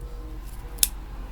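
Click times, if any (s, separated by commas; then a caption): 0.8 s. A folding pocket knife blade is opened until its lockback engages. A faint tick at 0.8 s leads into one sharp, bright snap at 0.8 s as the back lock catches over a quiet low hum. The blade is seated and locked open.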